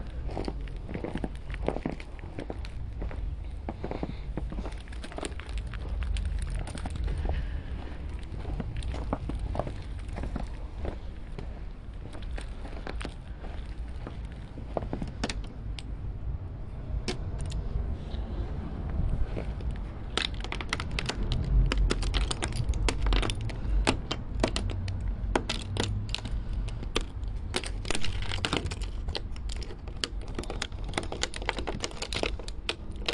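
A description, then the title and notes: Ice is scraped from a windshield in rapid, uneven strokes, with sharp knocks and crunching footsteps in snow over a steady low city rumble. Winter in the city. Scraping ice from windshield, knocking icicles from my bumper, crunching snow under my feet, slight city sounds and more.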